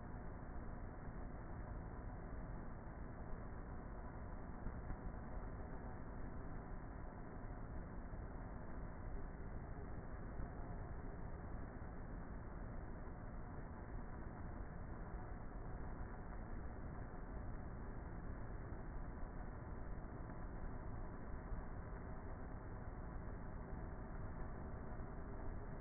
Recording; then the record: honeybee colony, microphone inside the hive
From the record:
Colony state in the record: queenless with a low population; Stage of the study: before two queens were removed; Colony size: about 30,000 bees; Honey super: no